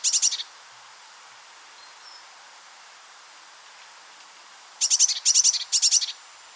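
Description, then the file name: Eurasian blue tit giving high, thin call bursts: one short group at the start, then three quick clusters of rapid notes near the end, with quiet gaps between. "Cyanistes caeruleus"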